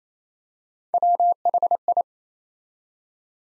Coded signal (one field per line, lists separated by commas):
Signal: Morse code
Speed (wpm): 27 wpm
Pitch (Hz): 700 Hz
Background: none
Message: WHI